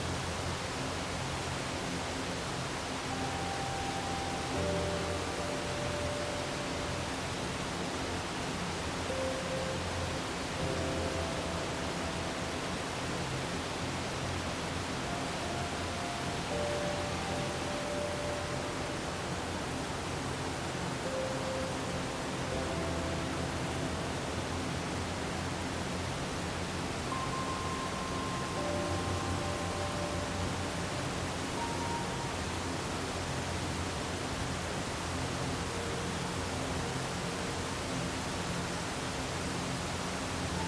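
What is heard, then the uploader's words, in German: A waterfall pours in a steady, dense rush that fills the whole clip without letup, full from deep rumble to bright hiss. Faint, soft melodic notes drift in and out now and then, sitting low beneath the water's roar. Ein beruhigender WASSERFALL und MUSIK für einen tiefen SCHLAF. Lassen Sie sich vom harmonischen Murmeln des Wassers und dem subtilen Spiel der Noten tragen.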